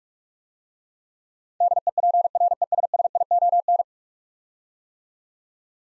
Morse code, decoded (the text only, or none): DEPRESSION